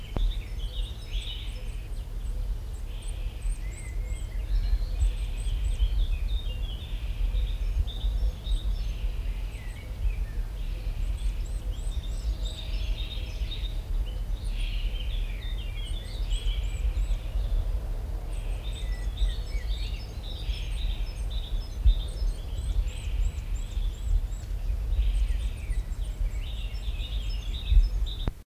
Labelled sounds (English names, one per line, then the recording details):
Eurasian Nuthatch call
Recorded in the wild
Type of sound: call
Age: immature
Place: Bad Tatzmannsdorf, Burgenland, AT
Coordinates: 47.3462, 16.2238
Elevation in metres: 351
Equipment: Halbspur, 9,5 cm/s
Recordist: Lütgens, Hans
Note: Flügge junge Kleiber